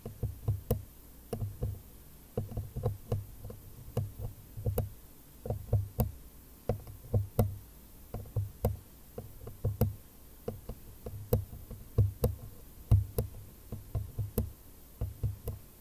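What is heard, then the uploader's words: Tweezers click and tap against a charcoal mask in quick, irregular bursts, sharp ticks over soft low thuds, continuing throughout with brief pauses. TWEEZERS, CHARCOAL MASK.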